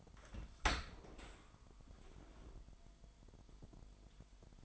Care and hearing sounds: daily activity, microphone in the room; open dishwasher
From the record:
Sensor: 5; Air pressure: 998.3 hPa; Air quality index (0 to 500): 87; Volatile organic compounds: 2 ppm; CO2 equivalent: 992 ppm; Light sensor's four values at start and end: 19/45/19/21 and 19/46/19/21

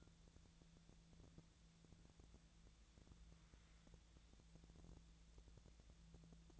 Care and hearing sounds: daily activity, microphone in the room; wipe stove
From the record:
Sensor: 3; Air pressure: 1000.5 hPa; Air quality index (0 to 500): 180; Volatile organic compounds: 4 ppm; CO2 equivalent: 1556 ppm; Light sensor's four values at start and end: 12/30/12/13 and 13/30/13/13

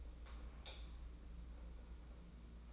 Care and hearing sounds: daily activity, microphone in the room; light off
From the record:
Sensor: 1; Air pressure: 991.9 hPa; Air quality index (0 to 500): 210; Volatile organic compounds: 1000 ppm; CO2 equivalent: 8170 ppm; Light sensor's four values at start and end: 12/32/13/14 and 10/22/9/10

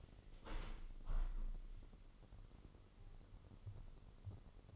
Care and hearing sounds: daily activity, microphone in the room; open window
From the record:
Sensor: 4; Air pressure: 999.4 hPa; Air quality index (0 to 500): 109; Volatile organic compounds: 2 ppm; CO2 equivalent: 1077 ppm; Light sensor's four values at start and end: 13/31/13/14 and 13/31/13/14

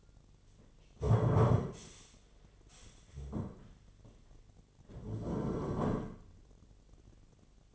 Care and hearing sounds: daily activity, microphone in the room; stand up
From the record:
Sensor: 4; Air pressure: 1008.8 hPa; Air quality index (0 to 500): 173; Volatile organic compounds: 5 ppm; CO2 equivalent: 1733 ppm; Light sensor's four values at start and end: 23/73/28/26 and 23/73/28/26

